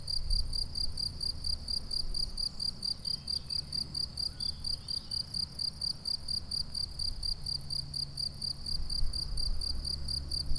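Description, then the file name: Crickets keep up a rapid, even train of shrill chirps throughout, while soft low noise sits underneath. "grillons"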